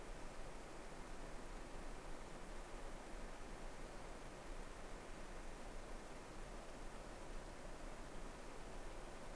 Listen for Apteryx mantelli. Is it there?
no